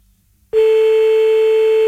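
A telephone busy tone after a call is cut off and a brief silence: a loud, steady, high-pitched electronic hum that starts abruptly and holds without a break to the end.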